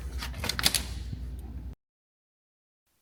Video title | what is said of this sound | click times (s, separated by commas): How to Fix Code P0171 on a 2014 Chevrolet Cruze - Intercooler Hoses Replacement | until you hear the quick connector click into place. | 0.6 s, 0.7 s